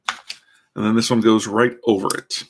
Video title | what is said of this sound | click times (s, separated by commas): Building a MS-O6S Zaku II Gundam 1/144 pt. 2 (part 2) | click it through there like that. | 0.1 s